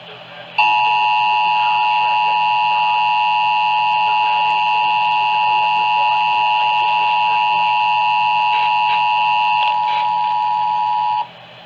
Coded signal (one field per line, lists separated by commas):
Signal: Emergency Alert System (SAME) tones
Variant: 853 and 960 Hz attention tone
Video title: THE CORPUS CHRISTI TX A WARNINGS AND WHAT... EAS Alerts from 06/27/22